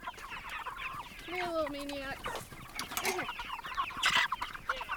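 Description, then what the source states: Chickens clucking continuously, with a longer drawn-out falling call near the start and a sharp burst of squawks toward the end. Chickens recorded at a goat farm.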